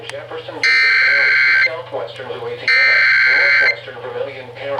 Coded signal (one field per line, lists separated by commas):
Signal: Emergency Alert System (SAME) tones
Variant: header bursts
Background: speech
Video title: Flash Flood Warning (EAS #139)